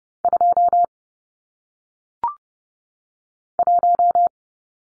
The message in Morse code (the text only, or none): 2 1